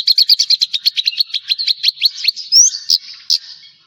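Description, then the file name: Javan bush lark song: a fast run of sharp chirped notes, evenly repeated, ending with a few louder notes. "suara burung branjangan jawa"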